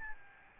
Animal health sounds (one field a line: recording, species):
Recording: mosquito wingbeat signal from an infrared sensor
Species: Aedes albopictus